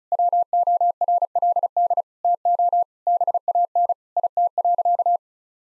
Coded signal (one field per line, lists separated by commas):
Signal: Morse code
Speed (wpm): 36 wpm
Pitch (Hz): 700 Hz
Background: none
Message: WORLD TO BAN IT.